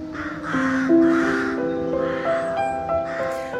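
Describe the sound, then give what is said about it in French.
A chorus of rooks caws continuously in the trees at the Brontë parsonage, on the edge of the cemetery; harsh overlapping calls rise and fall in bursts, with steady tonal layers running beneath the raucous cawing throughout. “Vous entendez donc tout ce bruit des corneilles, je pense, des rooks en anglais.”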